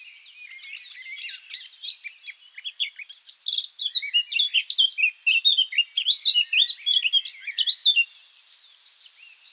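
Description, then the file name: Eurasian blackcap song, a long rapid jumble of high chattering and scratchy notes, gaining strength midway and stopping shortly before the end. "Sylvia atricapilla"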